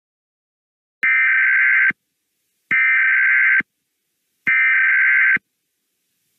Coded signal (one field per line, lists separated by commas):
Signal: Emergency Alert System (SAME) tones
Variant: header bursts